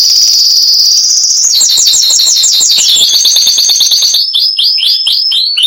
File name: canto do canario giboso espanhol